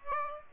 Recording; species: mosquito wingbeat signal from an infrared sensor; Aedes aegypti